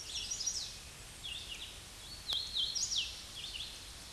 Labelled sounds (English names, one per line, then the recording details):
Hooded Warbler song
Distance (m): 40 m
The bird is about 15 m above the microphone
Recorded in a Pennsylvania forest on 16 May 2024 at 08:25
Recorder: AudioMoth, point MSD-2095
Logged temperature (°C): 16.3 °C
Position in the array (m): 165 m, 94 m